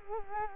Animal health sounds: mosquito wingbeat signal from an infrared sensor; Culex quinquefasciatus

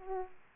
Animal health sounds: mosquito wingbeat signal from an infrared sensor; Aedes aegypti

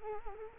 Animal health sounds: mosquito wingbeat signal from an infrared sensor; Culex quinquefasciatus

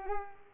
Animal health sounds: mosquito wingbeat signal from an infrared sensor; Culex pipiens

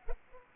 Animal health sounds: mosquito wingbeat signal from an infrared sensor; Culex pipiens

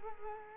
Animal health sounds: mosquito wingbeat signal from an infrared sensor; Culex quinquefasciatus

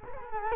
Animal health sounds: mosquito wingbeat signal from an infrared sensor; Culex quinquefasciatus

